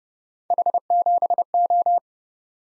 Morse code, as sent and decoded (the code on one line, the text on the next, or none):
.... --... ---
H7O